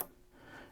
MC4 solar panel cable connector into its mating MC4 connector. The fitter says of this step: and it makes a good connection there's a little click